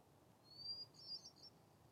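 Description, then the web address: Hermit thrush song phrase, softer and high pitched, opening on a thin held whistle and ending in a shimmering run of airy notes, with faint low background noise. Recorded at a summit bivouac on Defiance on 8 July 2022. "2022-07-08-defiance-summit-bivy hermit-thrush"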